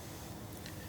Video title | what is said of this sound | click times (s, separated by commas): I'm in the shop - D-Spec & GET ECU Install - SnowBike | Again, make sure it clicks. I keep saying that, but good. | 0.7 s